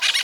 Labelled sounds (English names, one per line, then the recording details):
Brown-throated Parakeet contact call
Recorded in Venezuela
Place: Guárico; Corozopando; Fundo La Fe
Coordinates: 8.506, -67.593